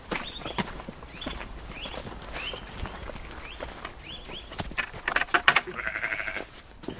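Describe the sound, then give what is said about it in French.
A ewe greeting visitors on a sunny, frosty day bleats over and over in short, high, wavering cries, with sharp clattering knocks and rustling mixed in and growing louder toward the end. No one speaks. “Et puis il y a la brebis qui nous accueille.”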